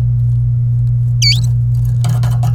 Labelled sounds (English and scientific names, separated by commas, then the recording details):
Domestic Canary (Serinus canaria) song
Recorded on 27 April 2018 at 09:18
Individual llb3